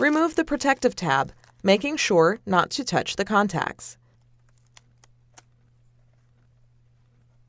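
Someone talks for about four seconds, then the protective plastic tab is peeled off a tri-color ink cartridge for an HP DeskJet 3700 series printer before it goes into the printer carriage, giving a few short, sharp tape-and-plastic ticks between about 4.5 and 5.4 seconds over a steady low hum. Nothing has seated or clicked yet.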